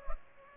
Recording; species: mosquito wingbeat signal from an infrared sensor; Culex pipiens